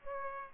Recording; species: mosquito wingbeat signal from an infrared sensor; Aedes aegypti